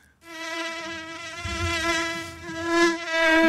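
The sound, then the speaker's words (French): A continuous, high-pitched insect buzz like a mosquito or fly whines steadily for a few seconds, its tone wavering slightly as it rises and falls in loudness, with no voices. “Vapona, votre arme contre les insectes.”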